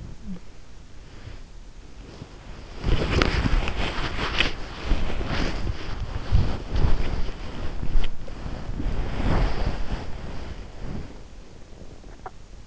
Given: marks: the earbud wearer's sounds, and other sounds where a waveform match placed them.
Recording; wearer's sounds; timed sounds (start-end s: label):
sounds in sleep by an in-ear microphone; body movement
0.00-12.67 s: body movement